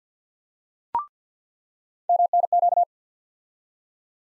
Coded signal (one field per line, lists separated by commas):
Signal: Morse code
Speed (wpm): 50 wpm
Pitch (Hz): 700 Hz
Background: none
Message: MNQ